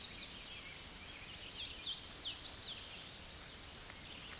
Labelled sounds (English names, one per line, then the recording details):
Hooded Warbler song
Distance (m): 20 m
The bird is about level with the microphone
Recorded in a Pennsylvania forest on 16 May 2024 at 09:39
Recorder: AudioMoth, point MSD-0438
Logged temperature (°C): 14.5 °C
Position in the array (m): 126 m, 97 m